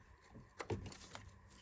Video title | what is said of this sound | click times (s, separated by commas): 2003-2013 Mazda 6 Thermostat Replacement How-to | Make sure that clicks into place like that. | 0.6 s, 0.7 s